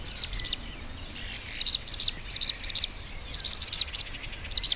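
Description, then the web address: Barn swallow calls, thin high twittering notes in quick clusters of three or four, repeated several times over a steady low background hiss. "hirundo rustica call"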